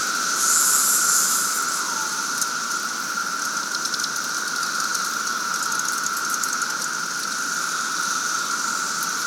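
Cicada: continuous droning insect chorus, steady buzz with a hissing high layer and faint flickers of pulsing.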